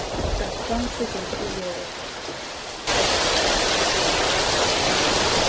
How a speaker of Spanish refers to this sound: No, sí está fuerte. Vamos a ponerle pausa, ya me distrajo el sonido de la lluvia.